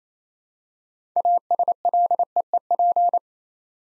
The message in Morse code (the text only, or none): ASLEEP